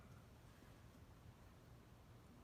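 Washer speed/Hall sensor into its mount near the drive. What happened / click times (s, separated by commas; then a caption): The sensor is being positioned and has not yet snapped in / none. A speed/Hall sensor on a GE GTW485ASJ3WS top-loading washing machine is poked over and lined up at its mount near the drive, ready to be pushed down and snapped into place. Only a steady low rumble and broadband hiss are heard, with no sudden sounds. Nothing has seated or clicked yet.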